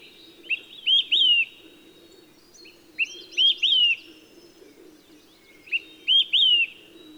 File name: Olive-sided Flycatcher